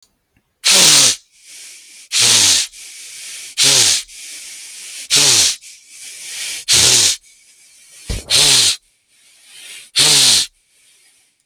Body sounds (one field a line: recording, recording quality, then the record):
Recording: deep breathing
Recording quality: moderate, slight background noise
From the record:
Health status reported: healthy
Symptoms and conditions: none ticked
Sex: male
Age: 36 years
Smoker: not ticked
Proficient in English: yes